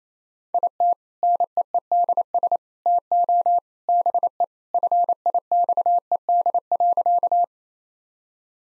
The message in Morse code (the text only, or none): IT NEEDS TO BE FIXED.